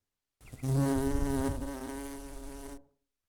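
Bee buzzing, a continuous low drone with layered harmonics, wavering slightly in pitch for about two and a half seconds before stopping abruptly.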